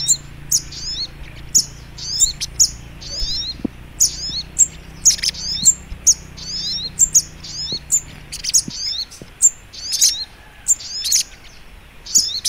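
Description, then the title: Little Spiderhunter singing continuous high, buzzy twitters and clicky chirps in rapid repeated phrases, with a low hum beneath for much of the stretch. Training (masteran) recording in the Labaik style. "Masteran Burung Sogok Ontong Labaik"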